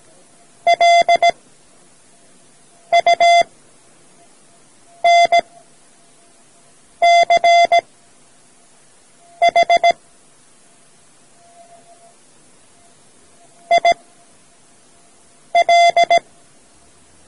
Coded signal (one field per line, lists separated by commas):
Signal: Morse code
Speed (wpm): 17 wpm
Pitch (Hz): 690 Hz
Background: none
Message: LUNCH IL